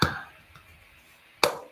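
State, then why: Seated. A plastic part of a Game Boy Advance SP replacement shell is pressed into the handheld game console's housing. A sharp click opens the clip, a faint tap follows, and a loud snap at 1.4 s marks the part snapping into place, seated.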